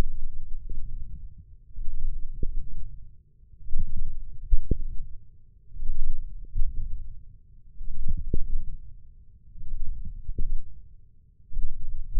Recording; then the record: forearm muscle sounds (acoustic myography)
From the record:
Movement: wrist extension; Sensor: system 1, eight BSWA MPA416 microphones around the upper forearm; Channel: 8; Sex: male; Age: 20 years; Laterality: left